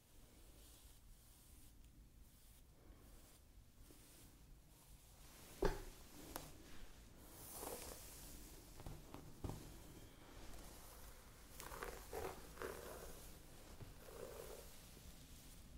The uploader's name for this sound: ASMR Playing with Your Hair